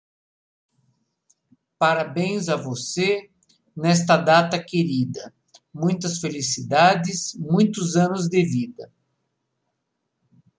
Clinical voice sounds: short text; Brazilian Portuguese; male; 50 to 59 years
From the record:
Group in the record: control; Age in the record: 59 years

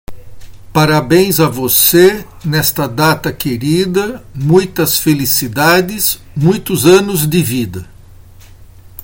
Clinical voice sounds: short text; Brazilian Portuguese; male; 60 to 69 years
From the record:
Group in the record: control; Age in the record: 60 years

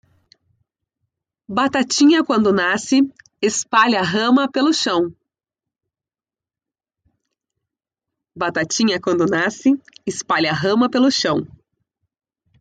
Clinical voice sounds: short text; Brazilian Portuguese; female; 30 to 39 years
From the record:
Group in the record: control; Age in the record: 32 years

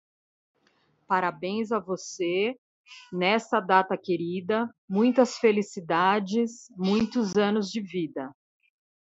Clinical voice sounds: short text; Brazilian Portuguese; female; 40 to 49 years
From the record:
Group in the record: control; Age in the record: 48 years

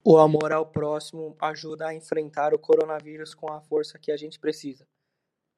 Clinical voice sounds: spoken sentence; Brazilian Portuguese; male; 20 to 29 years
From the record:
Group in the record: control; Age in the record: 25 years

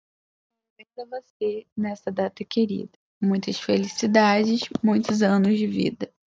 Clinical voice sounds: short text; Brazilian Portuguese; female; 20 to 29 years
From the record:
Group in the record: control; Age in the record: 20 years

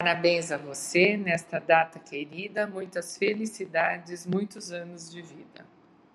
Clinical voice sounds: short text; Brazilian Portuguese; female; 60 to 69 years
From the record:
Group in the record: control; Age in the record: 60 years

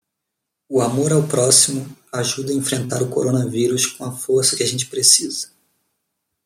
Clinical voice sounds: spoken sentence; Brazilian Portuguese; male; 20 to 29 years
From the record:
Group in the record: control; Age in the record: 22 years

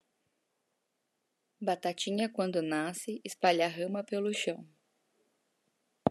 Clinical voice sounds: short text; Brazilian Portuguese; female; 30 to 39 years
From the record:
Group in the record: control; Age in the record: 32 years

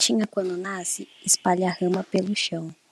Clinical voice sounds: short text; Brazilian Portuguese; female; 20 to 29 years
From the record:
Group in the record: control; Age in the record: 22 years

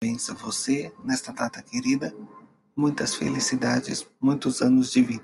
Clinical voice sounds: short text; Brazilian Portuguese; male; 30 to 39 years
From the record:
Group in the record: control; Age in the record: 35 years

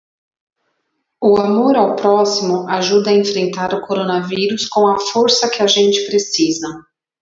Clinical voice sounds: spoken sentence; Brazilian Portuguese; female; 40 to 49 years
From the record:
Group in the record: control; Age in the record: 44 years

